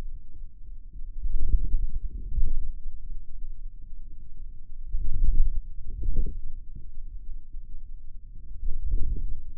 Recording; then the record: forearm muscle sounds (acoustic myography)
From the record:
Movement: inward rotation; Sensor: system 2, bracelet of six BSWA MPA416 microphones around the upper forearm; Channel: 4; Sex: male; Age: 22 years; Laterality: right